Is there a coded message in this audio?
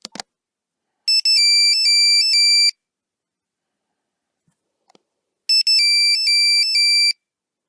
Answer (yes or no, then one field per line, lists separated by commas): no